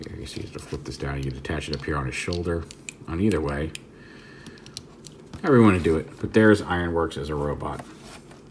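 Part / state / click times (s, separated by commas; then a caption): plastic robot head into the toy's body / not seated / none. Someone talks while handling a transforming plastic toy robot, and light plastic taps and handling noises are heard around 4.5 to 5.1 seconds. The robot's head is about to be pushed up into the toy's body, where it clips and locks into place, but nothing has seated or clicked yet.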